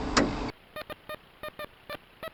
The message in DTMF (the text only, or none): none